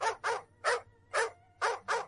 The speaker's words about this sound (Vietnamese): Hai con chó giữ sủa điên cuồng lao tới phía tường.